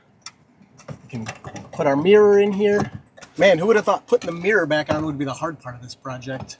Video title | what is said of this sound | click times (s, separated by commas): Cleaning FSD Cameras - Tesla Needs to Fix This | And then just like you took it off, you just snap it back up there. | 0.3 s